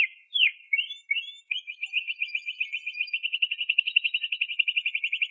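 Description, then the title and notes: Canary song opening with a few looping swoops, then settling into a quick, even rolling trill. "Suara Burung Kenari"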